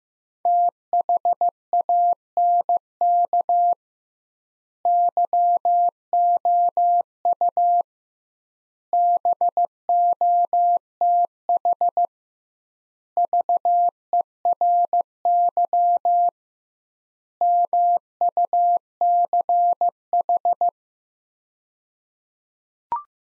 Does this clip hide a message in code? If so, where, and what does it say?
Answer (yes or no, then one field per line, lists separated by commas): yes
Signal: Morse code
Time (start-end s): 0.5-20.7 s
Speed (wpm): 15 wpm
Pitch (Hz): 700 Hz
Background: none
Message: THANK YOU BOTH VERY MUCH